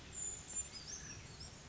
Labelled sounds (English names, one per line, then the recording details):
Brown Creeper
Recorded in Sonoma County, California